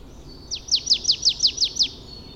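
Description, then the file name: Marsh tit calls: a tight series of eight sharp, downward-sweeping notes in quick regular succession, over a faint steady high tone and light hiss. "Poecile palustris"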